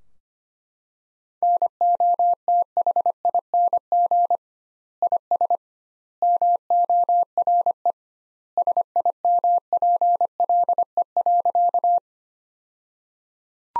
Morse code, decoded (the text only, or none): NOTHING IS MORE SIMPLE.